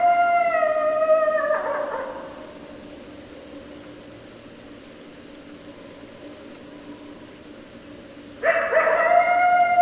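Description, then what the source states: Coyote howling: a drawn-out note slides downward and fades, silence follows, then a fresh loud howl begins near the end. Several coyotes, recorded 30 November 2012.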